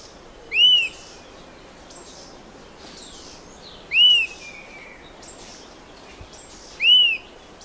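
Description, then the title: Bird repeating a short arched whistle roughly every three seconds, three times, with faint softer chirps and background hiss between. "LuckyPassaro Completos2Sama"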